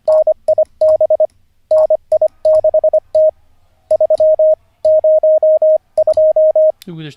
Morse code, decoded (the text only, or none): NIB NI6T 302